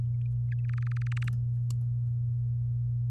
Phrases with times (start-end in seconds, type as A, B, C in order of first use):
0.52-1.29 A